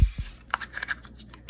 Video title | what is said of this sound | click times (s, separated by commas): SCCY CPX 2RD Review - Budget Friendly Concealed Carry | just kind of fiddle with that and that pops right in and | 0.5 s